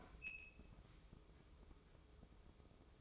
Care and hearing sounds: daily activity, microphone in the room; open fridge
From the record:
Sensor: 1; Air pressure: 995.3 hPa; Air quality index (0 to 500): 25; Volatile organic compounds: 1 ppm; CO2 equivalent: 506 ppm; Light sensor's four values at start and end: 19/62/23/25 and 19/62/23/25

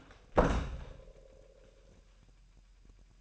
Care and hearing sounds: daily activity, microphone in the room; close door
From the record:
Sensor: 2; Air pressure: 998.3 hPa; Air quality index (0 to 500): 137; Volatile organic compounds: 4 ppm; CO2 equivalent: 1556 ppm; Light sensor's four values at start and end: 12/36/14/14 and 12/36/14/14

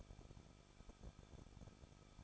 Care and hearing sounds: daily activity, microphone in the room; no activity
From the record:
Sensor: 5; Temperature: 20.9 degrees Celsius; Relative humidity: 38.1%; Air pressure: 1006.4 hPa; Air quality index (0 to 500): 187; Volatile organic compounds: 18 ppm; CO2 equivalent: 2622 ppm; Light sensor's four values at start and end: 2/3/1/1 and 2/3/1/1

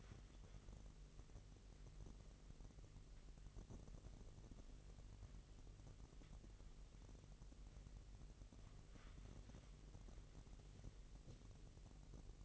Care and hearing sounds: daily activity, microphone in the room; wipe stove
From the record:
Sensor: 4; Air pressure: 1001.6 hPa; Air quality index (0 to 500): 249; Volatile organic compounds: 41 ppm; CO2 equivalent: 3171 ppm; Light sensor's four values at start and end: 8/18/7/6 and 8/18/7/6

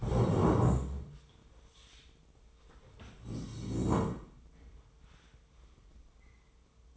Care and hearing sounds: daily activity, microphone in the room; stand up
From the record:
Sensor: 1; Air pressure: 1005.2 hPa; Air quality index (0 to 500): 124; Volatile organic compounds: 5 ppm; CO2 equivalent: 1742 ppm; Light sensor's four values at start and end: 11/27/11/12 and 11/26/11/11

